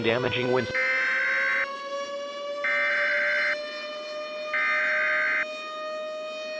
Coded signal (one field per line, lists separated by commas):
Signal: Emergency Alert System (SAME) tones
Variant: header bursts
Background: speech